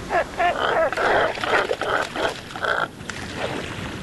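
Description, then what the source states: Cormorant croaks: low, guttural grunting notes in an irregular run, then trailing off. Cormorants spend much of the day loafing, drying their feathers in the sun and croaking at their neighbors.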